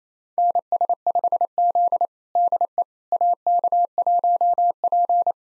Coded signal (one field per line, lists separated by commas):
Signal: Morse code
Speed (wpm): 27 wpm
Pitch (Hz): 700 Hz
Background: none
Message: NS5Z DE AK1P